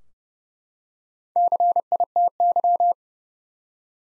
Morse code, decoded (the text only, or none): CITY